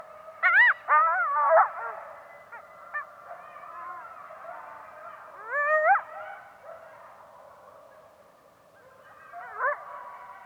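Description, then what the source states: Coyotes calling in a group chorus, with bursts of sharp, wavering yips and short quavering howls in three spells, quieter overlapping howls continuing between them. Coyotes, more than one, in Yellowstone, recorded in 2021.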